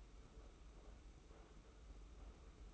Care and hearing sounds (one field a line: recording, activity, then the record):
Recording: daily activity, microphone in the room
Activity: make coffee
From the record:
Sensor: 1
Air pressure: 990.8 hPa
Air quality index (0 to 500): 138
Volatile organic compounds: 612 ppm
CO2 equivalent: 4953 ppm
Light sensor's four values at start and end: 23/54/22/25 and 23/54/22/25